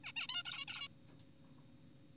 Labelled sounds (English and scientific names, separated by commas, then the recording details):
Zebra Finch (Taeniopygia guttata)
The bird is an adult
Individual g4p5U